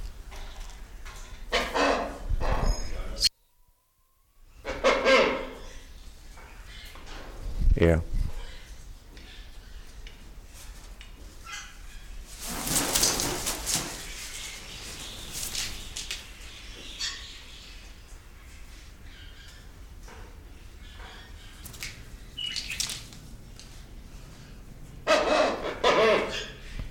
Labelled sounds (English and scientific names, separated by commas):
Black-winged Starling (Acridotheres melanopterus)